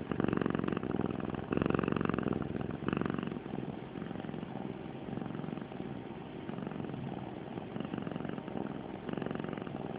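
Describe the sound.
Cat purring, a continuous low rumbling vibration pulsing rapidly and steadily, swelling slightly louder in places.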